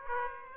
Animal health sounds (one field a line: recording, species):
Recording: mosquito wingbeat signal from an infrared sensor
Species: Aedes aegypti